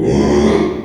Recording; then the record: squeal of a Yucatan mini pig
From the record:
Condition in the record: after surgery on the right vocal fold (resection and tissue-engineered implant); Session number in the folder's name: 3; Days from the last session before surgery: 33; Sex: male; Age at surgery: 12 weeks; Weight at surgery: 13 kg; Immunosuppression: cyclosporine, prednisolone